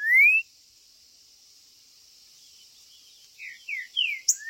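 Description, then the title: Green-winged saltator: a clear rising whistle, a long pause, then several softer slurred whistles, with a faint constant high hiss. Trinca-ferro chirping, singing and territorial calling (macheando) in a contest; video meant to stir up a listener's own trinca-ferro. "Seu TRINCA Piando, Cantando E Macheando Na DISPUTA. TRINCA FERRO Cantando e MACHEANDO!!"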